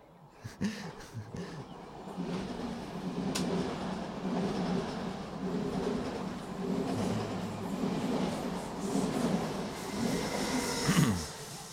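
A subway train rumbles steadily along the rails, with a low droning roar, metallic rattles and faint clacks, ending in a brief high screech of wheels near the end.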